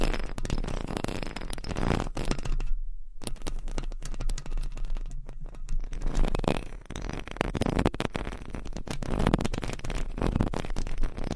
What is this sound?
ASMR Mic Scratching